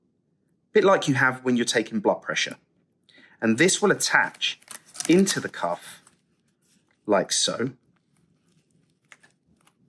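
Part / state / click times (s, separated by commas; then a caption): pump hose connector into air cuff port / seated / 9.1 s. Someone talks while a hand pump's air hose connector is pushed into the port of a blood flow restriction air cuff. After the talking stops, small handling noises follow, then a sharp click at 9.1 s as the connector seats securely in the cuff.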